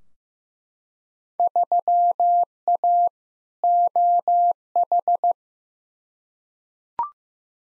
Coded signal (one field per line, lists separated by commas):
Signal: Morse code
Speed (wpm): 15 wpm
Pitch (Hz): 700 Hz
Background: none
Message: 3A OH